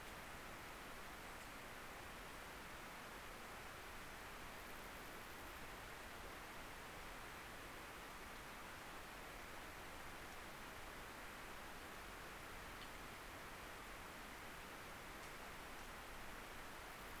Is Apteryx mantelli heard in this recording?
no